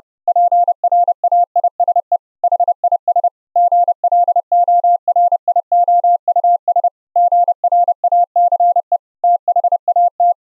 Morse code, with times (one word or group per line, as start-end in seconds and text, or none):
0.3-2.2 PRAISE
2.4-3.3 HIS
3.6-6.9 GLORIOUS
7.2-9.0 GRACE
9.2-10.3 THAT